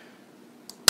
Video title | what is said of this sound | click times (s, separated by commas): Astak CM-7500Pro Action Camera Review - A Great Camera at a Great Price! | then you snap down the case and now it's locked into place | 0.7 s, 0.9 s